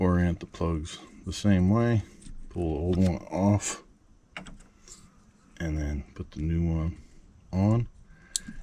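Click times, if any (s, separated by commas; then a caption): 8.4 s. A new replacement engine wire harness plug on a 1997 Toyota Century is pushed onto its mating connector while someone talks. A sharp click is heard at 8.4 s as the plug seats on the connector, confirmed good.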